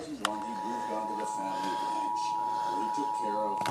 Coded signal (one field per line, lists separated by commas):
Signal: Emergency Alert System (SAME) tones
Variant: 853 and 960 Hz attention tone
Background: speech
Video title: EAS 34-36 , WE SURVIVED THE NPT!!!